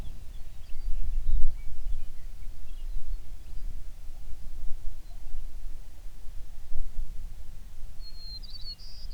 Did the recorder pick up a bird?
yes